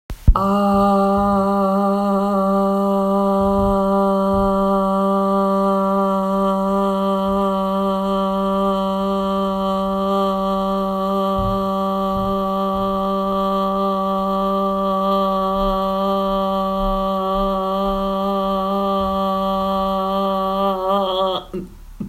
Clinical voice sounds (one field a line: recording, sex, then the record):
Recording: sustained vowel /a/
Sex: female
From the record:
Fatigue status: fatigue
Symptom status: asymptomatic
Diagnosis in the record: COVID-19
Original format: m4a